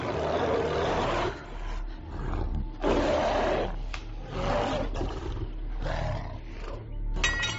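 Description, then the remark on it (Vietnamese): A wild beast, having smelled blood, raises its head to the sky and roars in several long, rough, rumbling bursts separated by short breaths, loud and growling throughout, with no talking. “Thú nhai tí ngửi thấy mùi máu của nàng, hai mắt càng đỏ sậm, nó ngửa đầu lên trời gầm gào, càng tàn bạo và hung mãnh hơn.”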